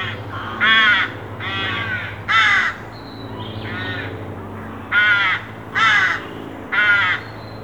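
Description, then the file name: Carrion crow uttering a run of loud, hoarse caws over a low droning hum. "Corvus corone"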